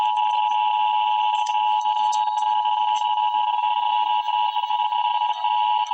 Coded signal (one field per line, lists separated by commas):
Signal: Emergency Alert System (SAME) tones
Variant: 853 and 960 Hz attention tone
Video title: Emergency Alert System - Special Weather Statement - Jun 27, 2025 at 9:17 PM EDT